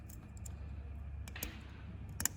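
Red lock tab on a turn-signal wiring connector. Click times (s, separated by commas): 2.2 s, 2.3 s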